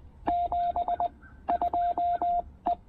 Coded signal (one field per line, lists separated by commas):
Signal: Morse code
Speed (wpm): 20 wpm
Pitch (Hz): 690 Hz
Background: radio noise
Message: 72 E